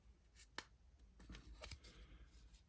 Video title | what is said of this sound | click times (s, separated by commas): Hatchet part works build the Rms titanic issue 14 #titanic #hatchet#foryou#modelbuildin#titaniclove | Now guys, that didn't click in. | none